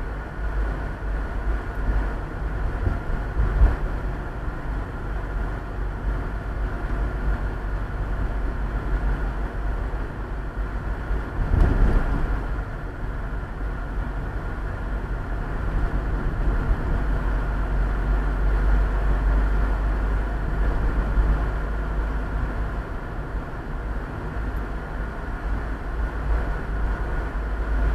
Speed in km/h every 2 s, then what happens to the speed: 42, 40, 39, 40, 40, 40, 40, 40, 41, 42, 42, 44, 45, 44.
0-28 steady at about 40.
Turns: none.